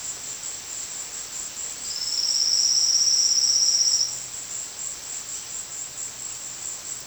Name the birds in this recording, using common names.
Silvered Antbird